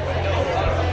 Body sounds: background sound without coughing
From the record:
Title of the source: CITY SOUNDS Busy Bar in the Evening Night - 2 HOURS of Ambiance for Relaxation

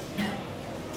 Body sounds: coughing mixed with background sound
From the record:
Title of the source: Man Coughing Sound - Wet Cough Sound Effect

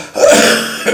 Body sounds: coughing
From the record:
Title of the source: Wet Throat Infection Cough

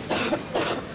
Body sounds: coughing mixed with background sound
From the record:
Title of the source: 61 morning phlegmy cough...again

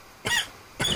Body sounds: coughing mixed with background sound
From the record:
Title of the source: Dry Afternoon Cough

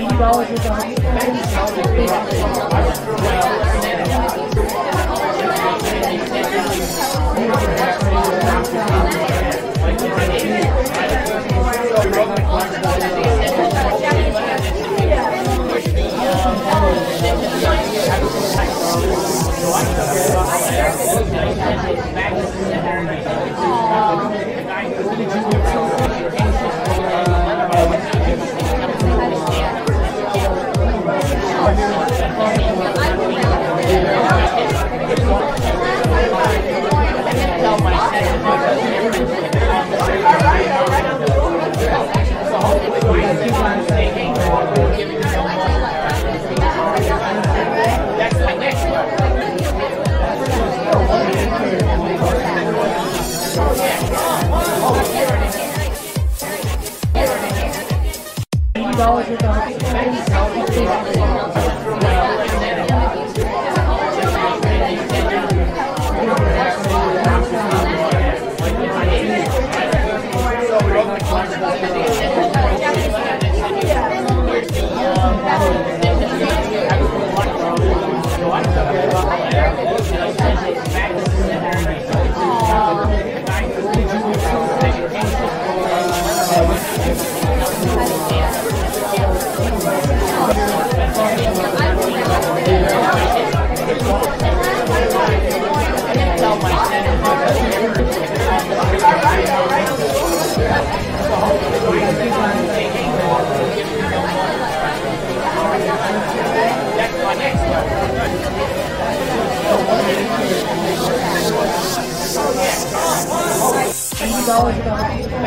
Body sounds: background sound without coughing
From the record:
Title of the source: Nightlife Party Simulating Party Club Noise 1 Hour

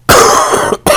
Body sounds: coughing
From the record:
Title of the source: Coughing 79

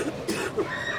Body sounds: coughing mixed with background sound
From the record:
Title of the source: 60 coughing still (deep and wet cough)

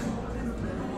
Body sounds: background sound without coughing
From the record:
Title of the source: 60 minutes of coffee shop sounds for study and concentration

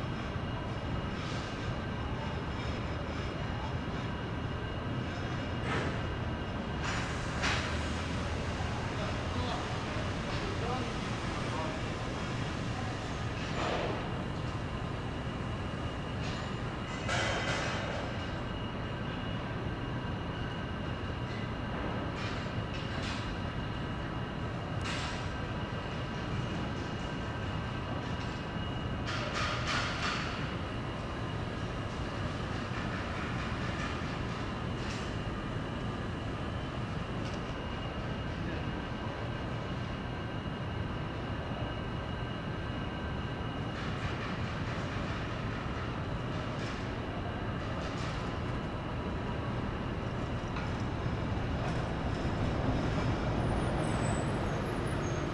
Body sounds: background sound without coughing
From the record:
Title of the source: 30 MINUTES Construction Site Ambience (CC BY 4.0)

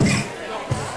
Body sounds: coughing mixed with background sound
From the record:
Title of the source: Mid-morning Winter Coughing Fit

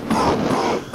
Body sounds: coughing mixed with background sound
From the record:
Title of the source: Coughing 77

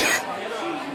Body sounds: coughing mixed with background sound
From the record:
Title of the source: 30 Chesty and wet cough

